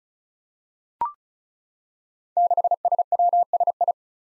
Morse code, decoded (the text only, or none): 6SWSI